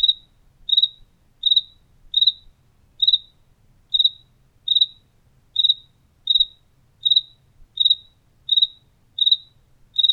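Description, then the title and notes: Cricket giving a regular series of brief pulsed chirps, about one every 0.8 seconds, over a faint low hum. Recorded indoors in a house kitchen in Tlaxcala, Mexico. "Grillo Tlaxcalteca. Grillo grabado por Hugo Diego Blanco en la cocina de su casa en Tlaxcala"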